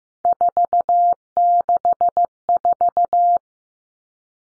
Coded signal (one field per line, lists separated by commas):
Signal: Morse code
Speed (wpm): 15 wpm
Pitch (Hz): 700 Hz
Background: none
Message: 464